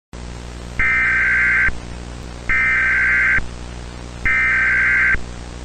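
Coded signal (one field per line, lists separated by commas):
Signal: Emergency Alert System (SAME) tones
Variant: header bursts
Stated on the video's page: Fictional EAS scenario.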